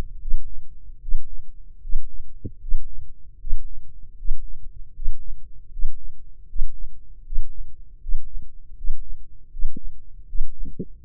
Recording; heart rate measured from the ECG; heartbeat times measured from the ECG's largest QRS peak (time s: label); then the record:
heart sounds by microphone in the left ear; 78 bpm
0.17 s: heartbeat
0.98 s: heartbeat
1.79 s: heartbeat
2.58 s: heartbeat
3.37 s: heartbeat
4.14 s: heartbeat
4.92 s: heartbeat
5.69 s: heartbeat
6.45 s: heartbeat
7.22 s: heartbeat
7.98 s: heartbeat
8.74 s: heartbeat
9.49 s: heartbeat
10.25 s: heartbeat
11.00 s: heartbeat
From the record:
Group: healthy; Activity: breath hold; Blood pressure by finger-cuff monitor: 120/73 mmHg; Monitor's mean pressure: 84 mmHg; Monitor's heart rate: 78 bpm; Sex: male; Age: 21 years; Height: 180 cm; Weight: 67.5 kg